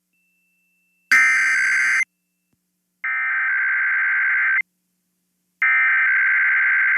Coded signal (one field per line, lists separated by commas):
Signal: Emergency Alert System (SAME) tones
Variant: header bursts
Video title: [EAS #1976-1982] The Testing Mayhem Continues (12/14/22 - 12/15/22)